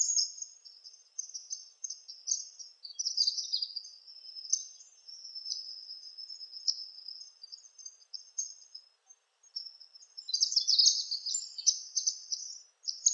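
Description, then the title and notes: Palm tanager twittering: long, steady run of thin high squeaks and chips, briefly pausing before a louder, denser burst near the end. "Sanhaçu-do-coqueiro (Tangara palmarum). Sanhaçu-do-coqueiro Palm Tanager ( Tangara palmarum )"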